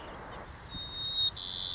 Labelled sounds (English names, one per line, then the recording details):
White-crowned Sparrow
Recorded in Sonoma County, California